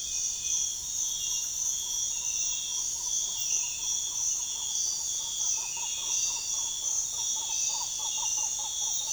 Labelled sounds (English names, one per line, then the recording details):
none
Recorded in pastures near Puerto Asís, Putumayo, Colombia, on 23 June 2025 at 05:30
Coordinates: 0.466, -76.322
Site GP07